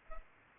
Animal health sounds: mosquito wingbeat signal from an infrared sensor; Culex pipiens

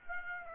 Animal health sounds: mosquito wingbeat signal from an infrared sensor; Aedes aegypti

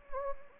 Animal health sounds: mosquito wingbeat signal from an infrared sensor; Anopheles gambiae

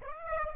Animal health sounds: mosquito wingbeat signal from an infrared sensor; Aedes aegypti

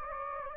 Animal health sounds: mosquito wingbeat signal from an infrared sensor; Anopheles gambiae

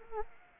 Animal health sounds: mosquito wingbeat signal from an infrared sensor; Anopheles arabiensis

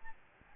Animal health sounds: mosquito wingbeat signal from an infrared sensor; Aedes albopictus

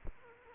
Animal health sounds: mosquito wingbeat signal from an infrared sensor; Culex quinquefasciatus

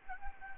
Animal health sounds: mosquito wingbeat signal from an infrared sensor; Anopheles gambiae

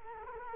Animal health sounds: mosquito wingbeat signal from an infrared sensor; Culex quinquefasciatus

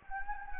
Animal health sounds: mosquito wingbeat signal from an infrared sensor; Anopheles gambiae

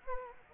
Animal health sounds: mosquito wingbeat signal from an infrared sensor; Anopheles gambiae

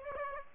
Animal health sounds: mosquito wingbeat signal from an infrared sensor; Aedes aegypti

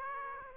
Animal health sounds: mosquito wingbeat signal from an infrared sensor; Aedes aegypti

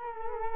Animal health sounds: mosquito wingbeat signal from an infrared sensor; Culex quinquefasciatus

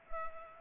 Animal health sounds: mosquito wingbeat signal from an infrared sensor; Culex pipiens

